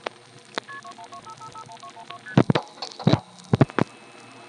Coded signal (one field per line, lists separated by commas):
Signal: multi-frequency trunk signalling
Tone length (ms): 80 ms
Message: KP2125551212ST